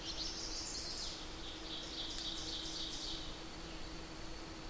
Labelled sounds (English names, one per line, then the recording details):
Ovenbird song
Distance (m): 60 m
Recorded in boreal forest in Alberta, Canada, on 8 June 2016 at 07:24
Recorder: SongMeter 3, array SBT-3-9
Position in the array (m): 51 m, 108 m
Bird 33